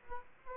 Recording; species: mosquito wingbeat signal from an infrared sensor; Aedes albopictus